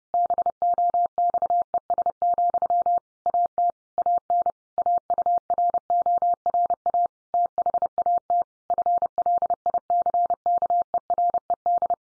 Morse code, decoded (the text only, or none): BOXES, AT AN AURORA THAT FLICKERED